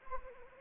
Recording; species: mosquito wingbeat signal from an infrared sensor; Anopheles arabiensis